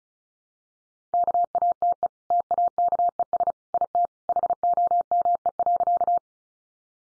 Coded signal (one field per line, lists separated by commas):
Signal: Morse code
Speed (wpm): 34 wpm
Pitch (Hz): 700 Hz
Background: none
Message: KATE TAKES IT HOME.